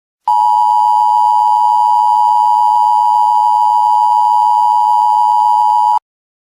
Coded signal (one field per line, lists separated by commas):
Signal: Emergency Alert System (SAME) tones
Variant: 853 and 960 Hz attention tone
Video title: EAS Scenario #6: The Corner